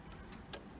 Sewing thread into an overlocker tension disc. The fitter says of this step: sometimes i can hear it give a little click as it goes in but i just